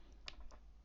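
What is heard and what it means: A SIM card is pushed into the SIM slot of a Samsung tablet with its chip side facing the back of the tablet. A sharp click is heard at 0.3 s, followed by a fainter tick at 0.5 s. The card is seated in place.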